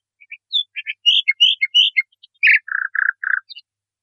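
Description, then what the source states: Nightingale singing a quick, varied phrase of bright chirps and whistled slurs, closing with three harsh, rasping notes. Song used to train caged songbirds.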